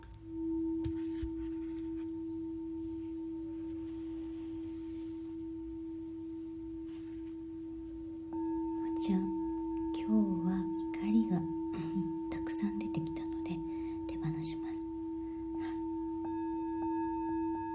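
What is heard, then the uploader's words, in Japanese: A singing bowl rings with a steady, pure low-mid tone that holds unbroken for the whole eighteen seconds, with a fainter higher overtone above it. From about nine to fifteen seconds, soft speech-like voice sounds murmur over the hum, then fade, leaving the bowl alone. メキシコから シンギングボウルのサウンドヒーリング ライブ。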